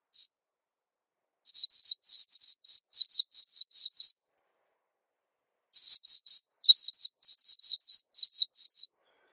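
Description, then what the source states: White-eye song: long, fast strings of high slurred chirps, two extended phrases of rapid twittering notes with a brief pause between them. Song described as melodious and long.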